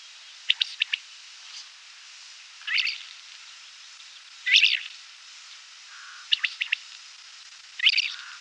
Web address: Isabelline Wheatear Song